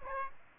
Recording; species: mosquito wingbeat signal from an infrared sensor; Aedes aegypti